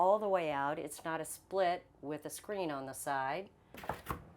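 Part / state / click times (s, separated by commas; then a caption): window stay detent on a travel trailer window / seated / 3.9 s, 4.1 s. Someone talks, then a travel trailer window is pushed open and its stay clicks into the detent that holds the window open, with clicks at 3.9 s and 4.1 s. The click marks how far the window opens, and the window stays held in place.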